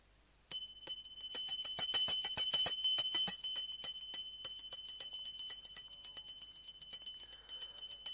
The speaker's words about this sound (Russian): Ну, вот сейчас бери колокольчик и будем предлагать.